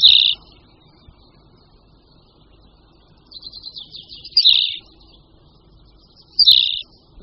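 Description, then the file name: Tawny pipit repeating a clipped chirp, a soft buzzing trill leading into the second of three notes. "Linduška-úhorní"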